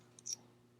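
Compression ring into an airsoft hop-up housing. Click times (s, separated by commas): 0.2 s, 0.3 s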